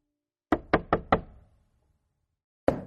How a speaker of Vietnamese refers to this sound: Ba tiếng gõ cửa vang lên.